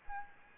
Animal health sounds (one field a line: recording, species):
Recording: mosquito wingbeat signal from an infrared sensor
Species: Aedes albopictus